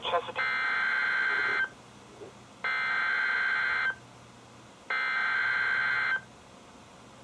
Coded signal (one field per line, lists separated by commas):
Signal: Emergency Alert System (SAME) tones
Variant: header bursts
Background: speech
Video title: EAS #114-#119: Flash Flood Watch and Some Others | KHB36 & WNG736